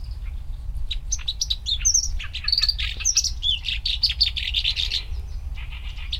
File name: warbler-black-browed-reed Acrocephalus-bistrigiceps